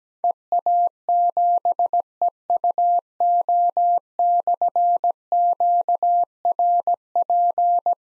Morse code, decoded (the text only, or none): EA7EUO/QRP